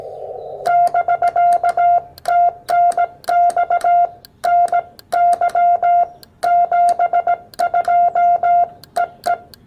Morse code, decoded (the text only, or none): <BK> TNX NY 72 EE